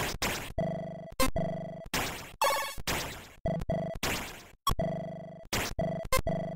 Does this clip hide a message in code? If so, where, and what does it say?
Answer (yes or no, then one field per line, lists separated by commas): no